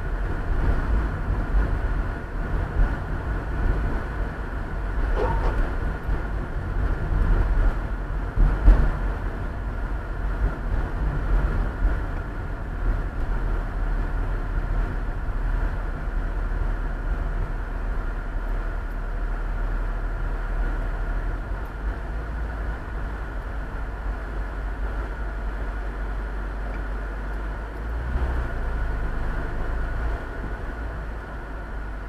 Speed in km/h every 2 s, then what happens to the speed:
32, 32, 32, 32, 32, 29, 27, 23, 20, 15, 11, 10, 8, 4, 6, 6.
0-8 steady at about 32. 8-25 slows to 4. 25-32 steady at about 6.